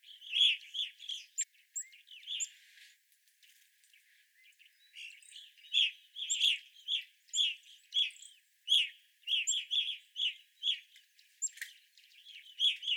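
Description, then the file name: Evening grosbeaks giving short, burry chirping calls in loose bursts, several birds overlapping, with a brief lull near the third second before the calling resumes. Several evening grosbeaks recorded on 25 April 2021. "2021-04-25 Evening Grosbeaks"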